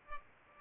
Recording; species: mosquito wingbeat signal from an infrared sensor; Aedes albopictus